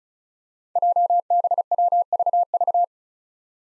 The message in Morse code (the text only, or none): JBWVV